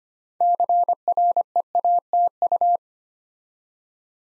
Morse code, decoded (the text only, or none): CREATU